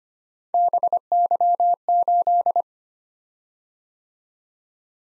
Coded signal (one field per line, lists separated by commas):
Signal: Morse code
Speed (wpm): 25 wpm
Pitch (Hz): 700 Hz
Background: none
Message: BY8